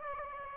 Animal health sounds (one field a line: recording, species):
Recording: mosquito wingbeat signal from an infrared sensor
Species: Aedes aegypti